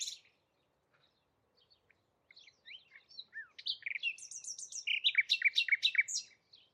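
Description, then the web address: Bird song starting with quiet scattered chirps, rising into a loud, rapid sequence of varied high notes and trills. "cianscape birddata Deverinetal 2025 Bird Only"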